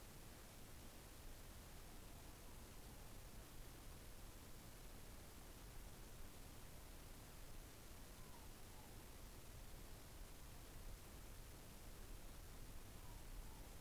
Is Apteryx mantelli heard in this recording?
no